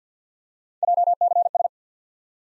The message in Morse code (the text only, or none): JCS